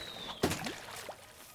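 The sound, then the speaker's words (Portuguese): A sudden splash of hot dog water poured over a person hits all at once in one short, loud burst, followed by a couple of faint gurgling sweeps as it drains off, with no talking. “O que fizeram comigo? Isso é água de salsicha, né?”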